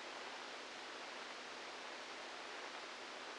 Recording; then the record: brain microelectrode recording played as sound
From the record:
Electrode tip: outside the subthalamic nucleus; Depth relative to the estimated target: -3 mm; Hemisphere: left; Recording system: NeuroSet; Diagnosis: Parkinson's disease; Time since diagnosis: 12 years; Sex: male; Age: 61 years